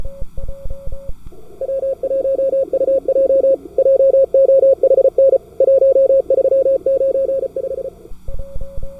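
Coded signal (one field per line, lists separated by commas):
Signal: Morse code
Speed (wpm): 35 wpm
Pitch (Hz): 530 Hz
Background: none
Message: W1UJ JOHN 1395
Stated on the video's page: CW Operators Club weekly CWT mini contest on 80, 40 and 20 m, single-op high power, operated at slow (QRS) and fast (QRQ) speeds.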